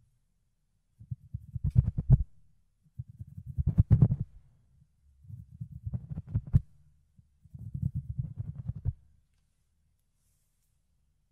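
Muffled scratching and rubbing from ear cleaning, in four bursts of about a second and a half each, separated by short silent gaps. The sounds are low and thumpy, with occasional sharper crackles, and nothing else is heard beyond near silence.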